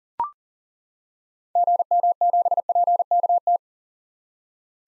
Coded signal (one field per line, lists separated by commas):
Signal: Morse code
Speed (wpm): 39 wpm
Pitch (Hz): 700 Hz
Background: none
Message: GM7PKT